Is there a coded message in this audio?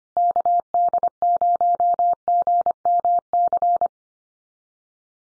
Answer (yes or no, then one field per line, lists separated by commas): yes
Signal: Morse code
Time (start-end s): 0.2-3.9 s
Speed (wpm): 25 wpm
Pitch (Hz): 700 Hz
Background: none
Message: KD0GMC